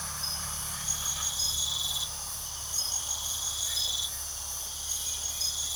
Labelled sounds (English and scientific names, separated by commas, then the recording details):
none
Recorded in pastures near Puerto Asís, Putumayo, Colombia, on 9 March 2025 at 00:30
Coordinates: 0.497, -76.327
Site G072